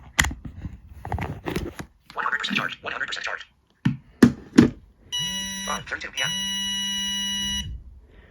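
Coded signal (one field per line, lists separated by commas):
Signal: beep code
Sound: talking, then one short buzzy beep followed by one longer buzzy beep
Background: speech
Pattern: 1 short, 1 long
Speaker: a few seconds after that you heard the power bank do a short beep and then a longer beep that signifies that a device is charging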